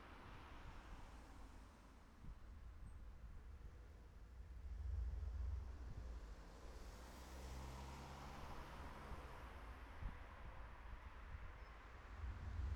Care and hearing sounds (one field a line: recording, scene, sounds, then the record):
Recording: everyday scene through a hearing-aid microphone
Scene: in traffic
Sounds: traffic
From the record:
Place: city secondary road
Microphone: behind the ear, right, front